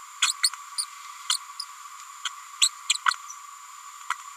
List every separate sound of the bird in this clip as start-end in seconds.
0.22-0.33, 0.43-0.49, 0.78-0.85, 1.29-1.37, 2.25-2.28, 2.61-2.68, 2.89-2.94, 3.06-3.14, 4.10-4.13